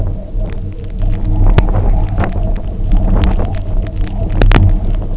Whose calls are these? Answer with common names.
none